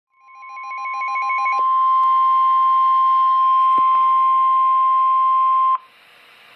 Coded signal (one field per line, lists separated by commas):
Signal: Emergency Alert System (SAME) tones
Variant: 1050 Hz attention tone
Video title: EAS #79 - Severe Thunderstorm Warning (LIVE + TV)